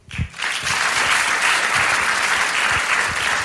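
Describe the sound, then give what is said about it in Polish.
A crowd breaks into sustained applause as jury members are introduced at a Polish Radio Trójka event, a dense, steady wash of many hands clapping that holds at an even, fairly loud level from start to finish after a brief quiet opening. “Dobrze mówiłeś, że będzie dużo klasków dzisiaj.”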